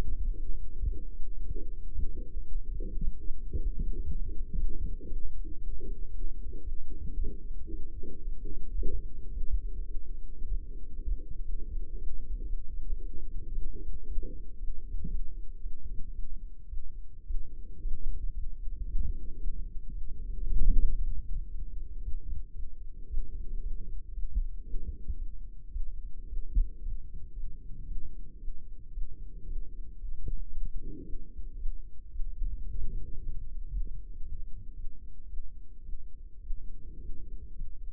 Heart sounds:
heart sounds by microphone in the left ear; 113 bpm
0.32 s: heartbeat
0.85 s: heartbeat
1.38 s: heartbeat
1.92 s: heartbeat
2.45 s: heartbeat
2.96 s: heartbeat
3.48 s: heartbeat
4.01 s: heartbeat
4.53 s: heartbeat
5.05 s: heartbeat
5.56 s: heartbeat
6.08 s: heartbeat
6.61 s: heartbeat
7.16 s: heartbeat
7.69 s: heartbeat
8.21 s: heartbeat
8.75 s: heartbeat
9.30 s: heartbeat
9.83 s: heartbeat
10.36 s: heartbeat
10.89 s: heartbeat
11.43 s: heartbeat
11.96 s: heartbeat
12.47 s: heartbeat
12.99 s: heartbeat
13.51 s: heartbeat
14.05 s: heartbeat
14.57 s: heartbeat
15.08 s: heartbeat
15.60 s: heartbeat
16.12 s: heartbeat
16.67 s: heartbeat
17.24 s: heartbeat
17.79 s: heartbeat
18.32 s: heartbeat
18.84 s: heartbeat
19.37 s: heartbeat
19.91 s: heartbeat
20.45 s: heartbeat
20.96 s: heartbeat
21.48 s: heartbeat
21.99 s: heartbeat
22.52 s: heartbeat
23.07 s: heartbeat
23.60 s: heartbeat
24.12 s: heartbeat
24.63 s: heartbeat
25.15 s: heartbeat
25.70 s: heartbeat
26.26 s: heartbeat
26.80 s: heartbeat
27.32 s: heartbeat
27.85 s: heartbeat
28.37 s: heartbeat
28.91 s: heartbeat
29.45 s: heartbeat
29.98 s: heartbeat
30.50 s: heartbeat
31.02 s: heartbeat
31.55 s: heartbeat
32.09 s: heartbeat
32.64 s: heartbeat
33.18 s: heartbeat
33.70 s: heartbeat
34.21 s: heartbeat
34.73 s: heartbeat
35.26 s: heartbeat
35.82 s: heartbeat
36.40 s: heartbeat
36.98 s: heartbeat
37.53 s: heartbeat
From the record:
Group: healthy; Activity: light exercise 0-15 s, rest 15-38 s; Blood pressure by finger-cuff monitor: 129/86 mmHg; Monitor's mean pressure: 98 mmHg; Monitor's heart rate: 113 bpm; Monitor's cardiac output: 8.1 L/min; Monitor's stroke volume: 71 mL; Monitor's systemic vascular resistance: 900 dyn s/cm5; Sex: male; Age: 21 years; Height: 180 cm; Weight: 67.5 kg

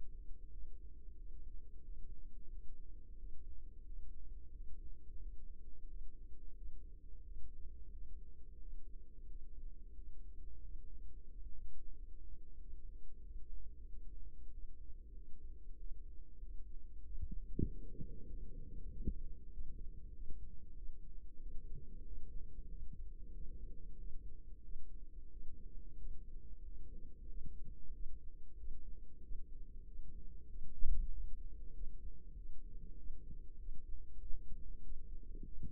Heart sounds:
heart sounds by microphone in the right ear; 93 bpm
0.47 s: heartbeat
1.13 s: heartbeat
1.80 s: heartbeat
2.47 s: heartbeat
3.14 s: heartbeat
3.82 s: heartbeat
4.49 s: heartbeat
5.17 s: heartbeat
5.84 s: heartbeat
6.52 s: heartbeat
7.20 s: heartbeat
7.89 s: heartbeat
8.56 s: heartbeat
9.24 s: heartbeat
9.92 s: heartbeat
10.59 s: heartbeat
11.25 s: heartbeat
11.91 s: heartbeat
12.56 s: heartbeat
13.20 s: heartbeat
13.84 s: heartbeat
14.47 s: heartbeat
15.11 s: heartbeat
15.74 s: heartbeat
16.38 s: heartbeat
17.01 s: heartbeat
17.64 s: heartbeat
18.26 s: heartbeat
18.88 s: heartbeat
19.48 s: heartbeat
20.10 s: heartbeat
20.73 s: heartbeat
21.37 s: heartbeat
22.02 s: heartbeat
22.66 s: heartbeat
23.30 s: heartbeat
23.95 s: heartbeat
24.60 s: heartbeat
25.27 s: heartbeat
25.94 s: heartbeat
26.60 s: heartbeat
27.25 s: heartbeat
27.90 s: heartbeat
28.55 s: heartbeat
29.19 s: heartbeat
29.82 s: heartbeat
30.46 s: heartbeat
31.08 s: heartbeat
31.71 s: heartbeat
32.32 s: heartbeat
32.94 s: heartbeat
33.56 s: heartbeat
34.17 s: heartbeat
34.80 s: heartbeat
35.42 s: heartbeat
From the record:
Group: healthy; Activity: breath hold 0-18 s, rest 18-36 s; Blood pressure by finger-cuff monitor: 119/73 mmHg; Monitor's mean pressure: 90 mmHg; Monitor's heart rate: 92 bpm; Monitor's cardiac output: 7 L/min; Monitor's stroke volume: 76 mL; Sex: female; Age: 32 years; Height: 172 cm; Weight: 71.7 kg

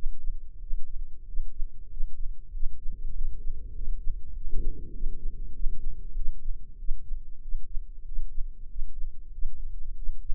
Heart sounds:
heart sounds by microphone in the right ear; 96 bpm
0.58 s: heartbeat
1.24 s: heartbeat
1.88 s: heartbeat
2.50 s: heartbeat
3.12 s: heartbeat
3.72 s: heartbeat
4.32 s: heartbeat
4.91 s: heartbeat
5.51 s: heartbeat
6.13 s: heartbeat
6.76 s: heartbeat
7.40 s: heartbeat
8.03 s: heartbeat
8.66 s: heartbeat
9.30 s: heartbeat
9.94 s: heartbeat
From the record:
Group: healthy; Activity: rest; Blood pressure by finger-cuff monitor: 104/71 mmHg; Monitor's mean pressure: 79 mmHg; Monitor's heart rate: 96 bpm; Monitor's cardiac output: 7.6 L/min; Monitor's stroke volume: 78 mL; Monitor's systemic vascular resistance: 750 dyn s/cm5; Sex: male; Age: 19 years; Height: 178 cm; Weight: 83 kg

